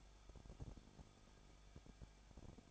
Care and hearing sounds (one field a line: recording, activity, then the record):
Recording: daily activity, microphone in the room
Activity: no activity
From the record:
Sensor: 5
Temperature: 20.9 degrees Celsius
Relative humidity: 35.1%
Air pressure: 994.7 hPa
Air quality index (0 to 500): 153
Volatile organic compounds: 2 ppm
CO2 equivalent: 1280 ppm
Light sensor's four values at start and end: 2/3/1/1 and 2/3/1/1